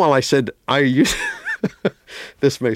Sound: laughter

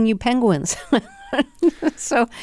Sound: laughter

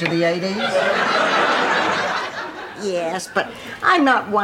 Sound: laughter

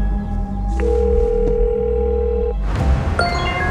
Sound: soundbite of phone ringing

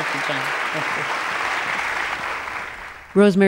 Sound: applause

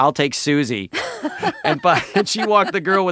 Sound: laughter

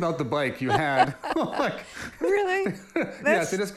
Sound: laughter

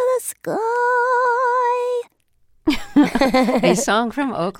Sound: laughter

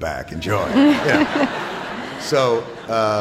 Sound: soundbite of laughter

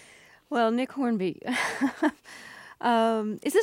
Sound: laughter

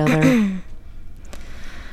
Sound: soundbite of clearing voice

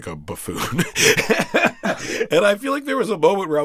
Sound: laughter

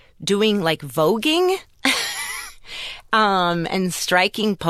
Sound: laughter

